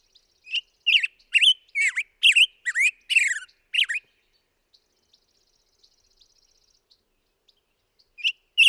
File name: Black-headed Grosbeak